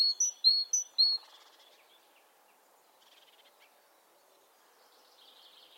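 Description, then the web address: Great tit song: four or five high, sharp two-part phrases at the start, then only faint soft chirps. "SETE data Parus major"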